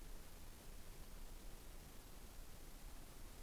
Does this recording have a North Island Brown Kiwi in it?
no